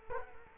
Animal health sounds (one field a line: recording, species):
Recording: mosquito wingbeat signal from an infrared sensor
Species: Culex quinquefasciatus